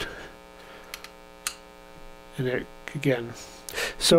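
The top of a hinged plastic Backscatter Flip 3.1 filter flip holder on a GoPro dive housing is worked and clipped back into place over a steady mains hum. Small ticks at 0.9 and 1.0 s lead to a sharp snap at 1.5 s as the clip seats closed, and then someone talks.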